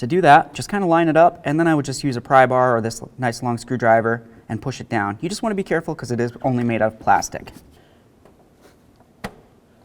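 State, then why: Seated. A man talks for most of the clip while lining up the plastic shift cable end on the transmission shift lever ball stud of a 2008–2012 Chevy Malibu, then a long screwdriver pushes it down. After a short quiet stretch, a single sharp click at 9.2 s marks the cable end snapping onto the stud and seating.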